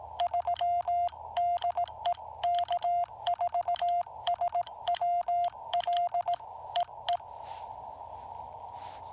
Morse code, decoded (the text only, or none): 3 DE K4SWL EE